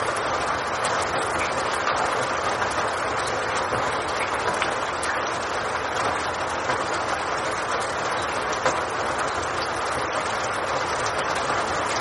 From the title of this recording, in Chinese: 雷雨声